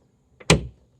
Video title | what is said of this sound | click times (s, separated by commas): NEW TONNEAU COVER for my F-150! By Westin Automotive! | So, you just snap it in place till it clicks. | 0.5 s